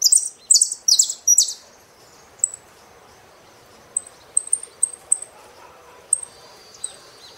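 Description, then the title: Saffron finch opening with a few loud, harsh descending song phrases, followed by scattered thin, high chirps after a short pause. "Jilguero Argentino"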